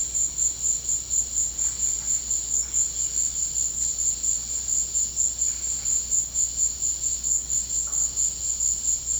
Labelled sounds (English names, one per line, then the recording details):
none
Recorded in pastures near Puerto Asís, Putumayo, Colombia, on 13 March 2025 at 15:30
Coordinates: 0.502, -76.324
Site GP07